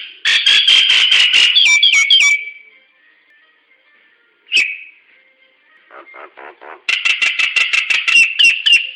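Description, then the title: Nias hill myna calls, a rapid string of loud whistled, wavering notes, a pause with a single sharp note and soft chatter, then another fast whistled run. "Burung jalak nias"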